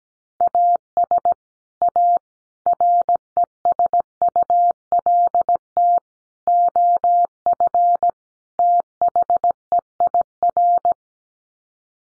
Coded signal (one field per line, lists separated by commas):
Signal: Morse code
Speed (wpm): 17 wpm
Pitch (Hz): 700 Hz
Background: none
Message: AS A RESULT OF THEIR